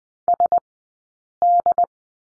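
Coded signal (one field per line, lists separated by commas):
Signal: Morse code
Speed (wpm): 20 wpm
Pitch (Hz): 700 Hz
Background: none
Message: SD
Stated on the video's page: Morse course lesson on the letter D, at Farnsworth speed 20/10 wpm.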